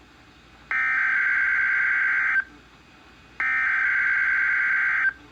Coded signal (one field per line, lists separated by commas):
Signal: Emergency Alert System (SAME) tones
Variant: header bursts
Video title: [EAS #220] Tornado Watch 410 (KWO35)